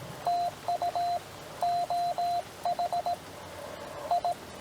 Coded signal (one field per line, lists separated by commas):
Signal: Morse code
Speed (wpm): 17 wpm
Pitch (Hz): 690 Hz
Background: radio noise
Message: TU OHI